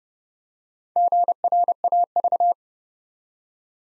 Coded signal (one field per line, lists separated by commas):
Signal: Morse code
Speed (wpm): 29 wpm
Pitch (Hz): 700 Hz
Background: none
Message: GRAV